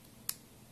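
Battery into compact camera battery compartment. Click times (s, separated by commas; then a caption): 0.3 s. A rechargeable battery is pushed into the battery compartment of a Samsung PL70 compact digital camera until the latch catches. A single sharp, bright click sounds at 0.3 s over a faint, steady low background. The battery clicks into place and is seated.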